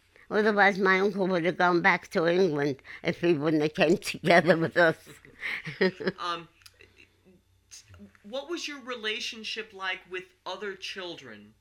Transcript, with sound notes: Otherwise, my uncle would have gone back to England if he wouldn't have came together with us. ( she laughs )
Um, what was your relationship like with other children?